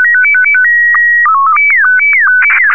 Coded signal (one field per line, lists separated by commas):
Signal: SSTV (slow-scan television)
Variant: Scottie 1